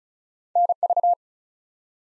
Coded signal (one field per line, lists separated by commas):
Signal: Morse code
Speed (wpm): 36 wpm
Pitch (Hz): 700 Hz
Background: none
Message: NV